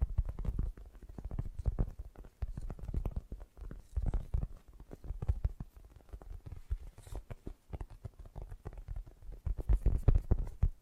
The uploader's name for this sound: Fast & Gentle Tapping